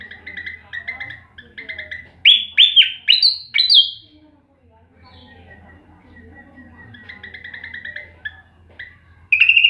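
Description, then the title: Flycatcher song with repeated short chirps, a loud run of quick sweeping whistles, then quieter twittering and another chirp series, over a low hum. Tutor song for training caged songbirds, with rapid, full-speed, tightly packed song bursts. "Suara Burung Sikatan Londo Masteran Tembakan Full Speed Rapet"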